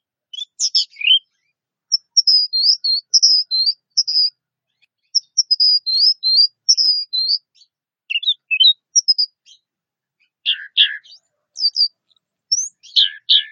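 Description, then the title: Orange-headed thrush song with looping warbled whistles, rising and falling, mixed with a few harsher downward sweeps near the end. "Anis Merah"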